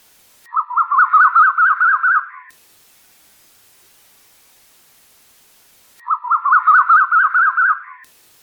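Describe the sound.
Bird song: a two-second burst of quick, mid-pitched warbled notes, then a few seconds of silence before the same burst returns.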